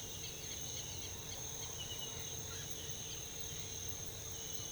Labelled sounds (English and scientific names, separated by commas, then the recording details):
none
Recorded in pastures near Puerto Asís, Putumayo, Colombia, on 21 December 2024 at 06:00
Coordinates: 0.486, -76.323
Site GP01